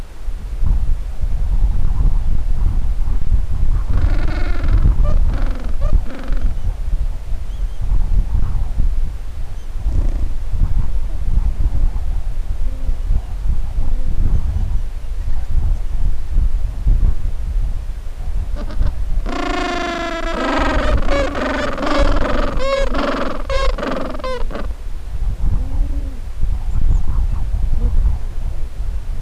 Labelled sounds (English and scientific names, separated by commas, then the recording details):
Gentoo Penguin (Pygoscelis papua)
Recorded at the colony at Stromness, on 23 December 2014
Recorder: Song Meter SM2+